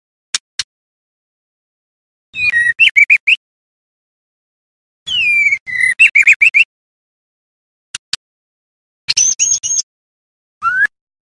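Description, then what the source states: White-rumped shama song in separate bursts of jumbled, scratchy, high phrases between sharp clicks, ending on a short rising whistle. Song with 'isian perih' filler phrases, used as masteran for training songbirds.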